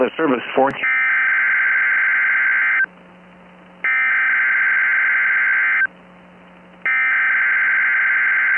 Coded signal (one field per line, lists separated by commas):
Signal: Emergency Alert System (SAME) tones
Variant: header bursts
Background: speech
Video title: Wisconsin State EAS Required Monthly Tests (September 1st, 2021)